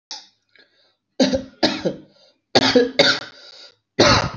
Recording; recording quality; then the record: heavy voluntary cough; excellent, no background noise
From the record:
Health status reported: respiratory illness, not identified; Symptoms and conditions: hypertension, diabetes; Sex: male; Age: 31 years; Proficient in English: yes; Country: India